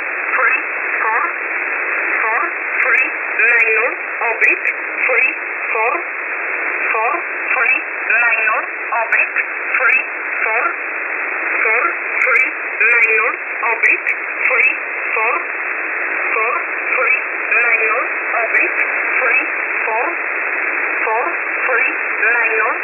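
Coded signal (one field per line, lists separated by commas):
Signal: numbers station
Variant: E11 Oblique, English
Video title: 16 02 2023 Numbers station E11 Oblique in English to Eu in USB mode 0820 on 5149 Warsaw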